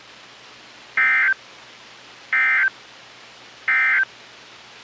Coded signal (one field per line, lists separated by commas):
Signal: Emergency Alert System (SAME) tones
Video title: EAS 1676-1685 (4/13/22)